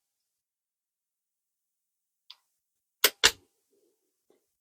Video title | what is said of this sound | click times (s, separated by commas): Great Features with Cool Accessories - WUBEN E7 Multi-functional EDC Flashlight (1800 Max Lumens) | And there locks into place and has 45° of rotation. | 3.1 s